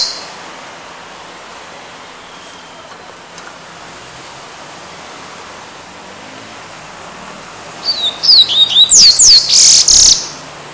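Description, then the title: Double-collared Seedeater song arriving after a long quiet stretch: a single phrase of high downslurred whistles closing with a harsh buzzy note. "Canto Coleiro"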